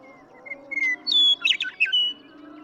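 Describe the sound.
Western meadowlark song: flute-like whistled notes leading into a rapid gurgling cascade and ending on a whistle.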